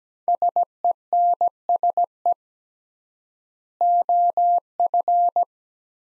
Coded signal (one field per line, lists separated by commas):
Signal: Morse code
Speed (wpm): 17 wpm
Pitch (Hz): 700 Hz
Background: none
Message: SENSE OF